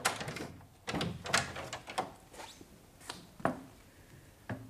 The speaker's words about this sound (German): Lass mich nicht lang rumstehen vor der Tür. Sperr auf.